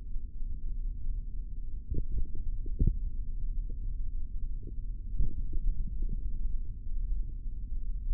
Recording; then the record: forearm muscle sounds (acoustic myography)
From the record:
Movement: tripod grip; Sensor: system 3, bracelet of six PUI Audio POM-2738L microphones around the upper forearm, with dedicated amplification and filtering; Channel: 3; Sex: male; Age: 23 years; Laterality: right